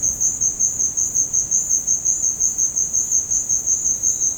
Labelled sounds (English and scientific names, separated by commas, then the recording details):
none
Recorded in dense forest near Puerto Asís, Putumayo, Colombia, on 25 June 2025 at 16:00
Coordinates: 0.486, -76.317
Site G065